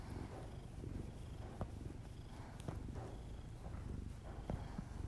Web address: Miss-Because Just Purrs [ASMR][Literally just my cat purring and my heavy breathing]